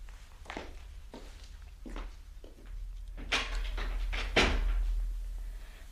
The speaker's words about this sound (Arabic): بس استني بقى اما اقفل الباب ورايا.